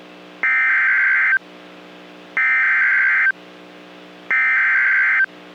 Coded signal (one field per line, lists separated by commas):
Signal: Emergency Alert System (SAME) tones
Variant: header bursts